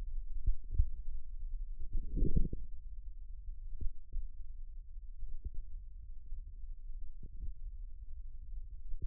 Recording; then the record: forearm muscle sounds (acoustic myography)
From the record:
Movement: finger pinch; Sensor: system 1, eight BSWA MPA416 microphones around the upper forearm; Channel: 6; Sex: female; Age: 21 years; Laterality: right